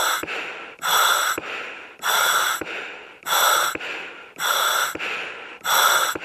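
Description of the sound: Loud, rhythmic breathing cycles, about five in six seconds, each with a hissing inflow, a brief click, then a softer, fading outflow: heavy breathing of a person on a mechanical ventilator.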